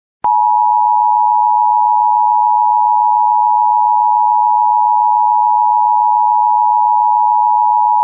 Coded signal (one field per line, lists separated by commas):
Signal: Emergency Alert System (SAME) tones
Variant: 853 and 960 Hz attention tone